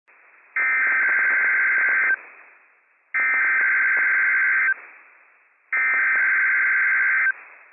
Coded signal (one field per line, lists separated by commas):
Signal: Emergency Alert System (SAME) tones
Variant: header bursts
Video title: WWF56 Required Weekly Test from NWS Pendleton, Oregon - EAS #320 - 10:28 AM PST 1/3/24